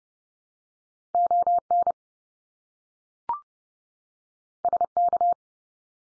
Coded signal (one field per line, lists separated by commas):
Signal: Morse code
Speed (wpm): 30 wpm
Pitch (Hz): 700 Hz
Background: none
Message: ON SK